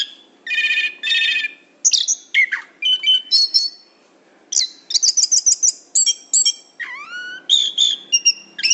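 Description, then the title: Orange-headed Thrush song: bursts of rich chirping and trilling notes, a short pause, then a rapid run of whistles and rising notes. Rolling song (ngerol); tutor recording (masteran) for training cage birds. "suara anis kembang ngerol"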